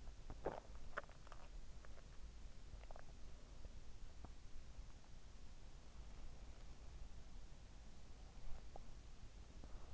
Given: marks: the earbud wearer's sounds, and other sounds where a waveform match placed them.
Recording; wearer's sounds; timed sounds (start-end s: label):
sounds in sleep by an in-ear microphone; swallowing
0.00-1.78 s: swallowing